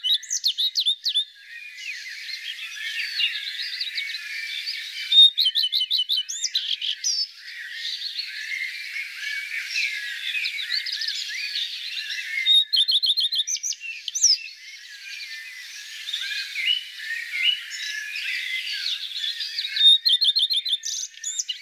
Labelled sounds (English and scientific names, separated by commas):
Common Redstart (Phoenicurus phoenicurus) song